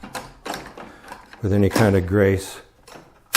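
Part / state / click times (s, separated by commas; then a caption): rip fence lock on a portable table saw / seated / 3.3 s. Someone talks while working the rip fence of a portable table saw into position. A single sharp, loud hit at 3.4 s marks the fence clamp or lock engaging at the back, locking the fence into place on that side.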